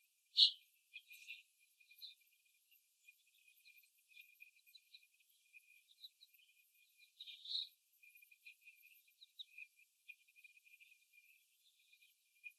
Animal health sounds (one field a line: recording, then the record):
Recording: young laying hens in a cage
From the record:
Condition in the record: before the stressor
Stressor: simulated dog barking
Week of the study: 1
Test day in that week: 2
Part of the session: 4